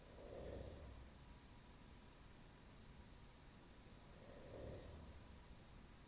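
Two low, rumbling snores about four seconds apart, a rate near 15 breaths a minute, rise out of steady background hiss from an adult asleep at work. Each snore is a brief, coarse, low-pitched rattle on the in-breath, typical of ordinary snoring.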